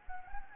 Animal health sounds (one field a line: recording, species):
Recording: mosquito wingbeat signal from an infrared sensor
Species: Anopheles gambiae